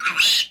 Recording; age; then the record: pig call; piglet (1 to 25 days)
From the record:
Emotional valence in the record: negative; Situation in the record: restrain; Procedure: sham castration, cut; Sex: male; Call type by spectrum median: high-frequency call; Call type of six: high-frequency modulated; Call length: 0.52 s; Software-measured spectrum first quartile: 2492 Hz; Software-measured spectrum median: 3356 Hz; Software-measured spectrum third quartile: 4312 Hz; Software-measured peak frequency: 2661 Hz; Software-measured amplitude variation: 172 dB a second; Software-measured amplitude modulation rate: 14.5 a second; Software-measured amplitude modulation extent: 11.8 dB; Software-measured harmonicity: 4.1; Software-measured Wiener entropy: -2.51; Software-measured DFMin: 803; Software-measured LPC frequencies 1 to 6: 1369, 2673, 3532, 3977, 4984, 6704 Hz